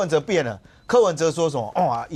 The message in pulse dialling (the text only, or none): none